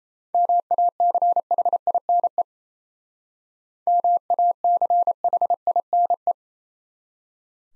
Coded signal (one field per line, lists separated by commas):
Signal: Morse code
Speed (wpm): 35 wpm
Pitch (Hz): 700 Hz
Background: none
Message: MACHINE MACHINE